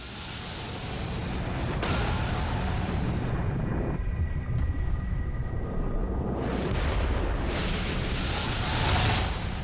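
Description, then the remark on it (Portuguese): A sustained, roaring explosion of a comet over North America that scattered fragments across the territory, with deep rumbling, swelling in waves with fresh blasts around two seconds and again past six, building to a loud peak near the end. “Alguns cientistas dizem que pouco depois da chegada dos primeiros humanos ao continente, explodiu na América do Norte um cometa que espalhou fragmentos por todo o território.”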